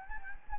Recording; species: mosquito wingbeat signal from an infrared sensor; Anopheles gambiae